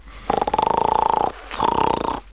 Snoring.